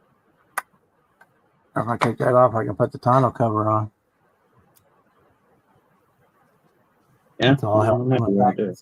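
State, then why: Seated. A removable convertible top, held by small magnets, snaps onto a scale model car body with one sharp click at 0.6 s, and the top is seated. A fainter tick follows at 1.2 s, someone talks, and a soft tick comes at 4.8 s before more talk.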